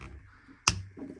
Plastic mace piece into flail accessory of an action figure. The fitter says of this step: yeah you heard that snap in there so I wish this was a real chain I feel like that would be cooler